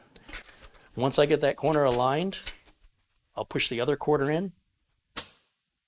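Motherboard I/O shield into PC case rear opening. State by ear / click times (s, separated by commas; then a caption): seated / 5.2 s. A metal motherboard I/O shield is pressed corner by corner into the rear opening of a PC case while someone talks. After the talking stops, a sharp click at 5.2 s marks the corner snapping into place and the shield seating.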